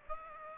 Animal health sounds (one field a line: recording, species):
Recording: mosquito wingbeat signal from an infrared sensor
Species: Aedes aegypti